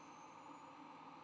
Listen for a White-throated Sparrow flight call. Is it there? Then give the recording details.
no. No flight call is heard. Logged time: 23:06 on 9 November 2014